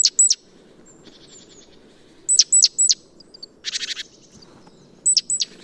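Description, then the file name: Great tit calling with sharp, high, falling notes in short runs of two or three, plus a brief buzzy note and low background hum. "Parus major"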